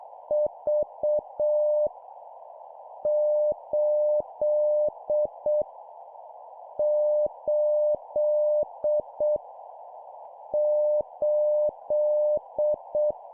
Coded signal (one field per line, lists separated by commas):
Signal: Morse code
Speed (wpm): 7 wpm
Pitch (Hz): 600 Hz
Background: none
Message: V 8 8 8